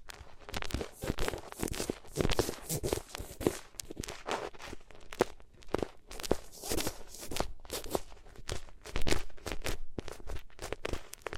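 Ears rubbed against different materials make dense, rapid scratchy and crunchy brushing strokes in uneven bursts, with brief pauses, throughout.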